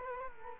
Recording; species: mosquito wingbeat signal from an infrared sensor; Culex quinquefasciatus